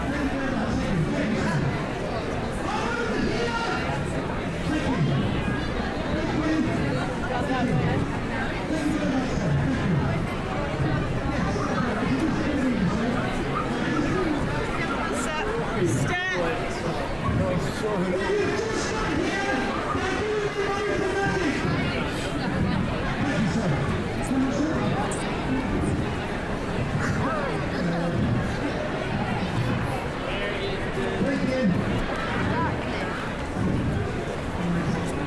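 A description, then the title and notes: Crowds of tourists and shoppers fill Covent Garden at Christmas, a dense, steady babble of many overlapping voices with no single speaker standing out. The level stays even throughout, with brief louder exclamations and a short sharp knock around sixteen seconds. Covent Garden at Christmas | London. A vibrant binaural walk through Covent Garden at Christmas. Sounds of tourists and shoppers. Crowds of families gathering to enjoy the festive lights and street performers.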